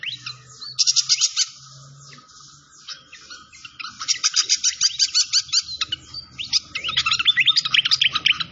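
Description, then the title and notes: Malaysian pied fantail song: bursts of very high rapid chips separated by a quieter stretch, ending in tumbling squeaky whistles over a low hum. Training (masteran) song with a clear voice, mixed with the sound of gurgling water. "Masteran Sikatan Kipas Suara Jernih Dan Suara Gemericik Air. Suara Burung Sikatan Londo"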